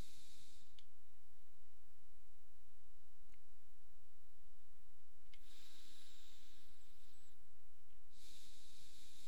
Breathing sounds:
nose breathing near a microphone
0.00-0.66 s: exhalation
5.26-7.81 s: inhalation
7.81-9.28 s: exhalation
From the record:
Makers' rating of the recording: medium

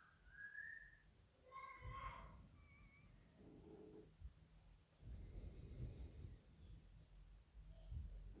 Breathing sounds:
nose breathing near a microphone
1.65-3.74 s: inhalation
4.81-6.90 s: exhalation
From the record:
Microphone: phone

